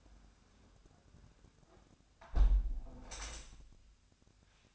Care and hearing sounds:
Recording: daily activity, microphone in the room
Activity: close window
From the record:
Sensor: 2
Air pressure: 1006.4 hPa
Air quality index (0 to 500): 199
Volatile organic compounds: 14 ppm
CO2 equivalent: 2434 ppm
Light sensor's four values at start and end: 9/21/9/9 and 8/20/8/8

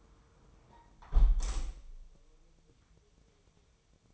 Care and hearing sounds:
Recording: daily activity, microphone in the room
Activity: close window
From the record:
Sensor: 1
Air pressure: 999.8 hPa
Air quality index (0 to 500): 230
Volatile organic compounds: 91 ppm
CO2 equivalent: 3693 ppm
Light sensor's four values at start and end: 11/27/11/12 and 10/25/10/11

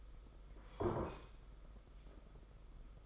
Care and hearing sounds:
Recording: daily activity, microphone in the room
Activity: sit down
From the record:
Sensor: 5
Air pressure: 991.8 hPa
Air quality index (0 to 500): 140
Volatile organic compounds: 118 ppm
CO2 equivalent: 3862 ppm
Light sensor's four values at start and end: 32/107/40/42 and 32/108/40/43

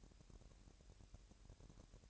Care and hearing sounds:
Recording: daily activity, microphone in the room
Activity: take from stove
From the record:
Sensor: 2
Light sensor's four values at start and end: 69/165/67/64 and 69/165/67/64

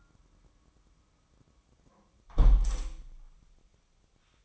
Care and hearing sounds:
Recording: daily activity, microphone in the room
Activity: close window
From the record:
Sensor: 1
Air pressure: 1004.6 hPa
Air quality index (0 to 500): 106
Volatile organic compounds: 3 ppm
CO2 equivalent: 1459 ppm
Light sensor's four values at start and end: 9/21/8/9 and 8/21/8/9

